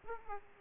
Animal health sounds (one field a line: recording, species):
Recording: mosquito wingbeat signal from an infrared sensor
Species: Aedes aegypti